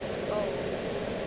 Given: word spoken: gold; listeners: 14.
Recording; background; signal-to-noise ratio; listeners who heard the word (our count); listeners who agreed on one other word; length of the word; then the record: one English word in noise, from a listening test; speech-shaped noise; -4.4 dB; 0 of 14; 14 of 14; 0.88 s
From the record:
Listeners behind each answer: 14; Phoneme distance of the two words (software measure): 7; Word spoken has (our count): 1 syllable, 4 phonemes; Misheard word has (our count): 1 syllable, 3 phonemes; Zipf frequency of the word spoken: 5.10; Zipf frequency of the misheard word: 5.79